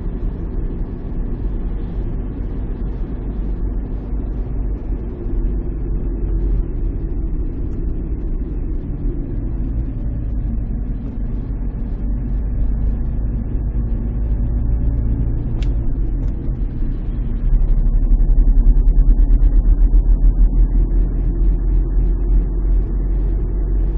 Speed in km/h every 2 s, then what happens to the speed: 38, 38, 36, 32, 27, 24, 26, 26, 27, 31, 35, 36.
4-9 slows to 24. 9-15 steady at about 26. 15-24 speeds up to 36.